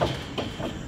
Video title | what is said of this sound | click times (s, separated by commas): Milking Our Jersey Cow! How Does It All Work? | she's locked into place she can move around she just can't back up and leave | 0.4 s